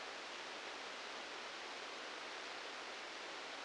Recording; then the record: brain microelectrode recording played as sound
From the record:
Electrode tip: outside the subthalamic nucleus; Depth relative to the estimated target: 0 mm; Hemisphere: left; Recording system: NeuroSet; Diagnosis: Parkinson's disease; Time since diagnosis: 19 years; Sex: female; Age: 69 years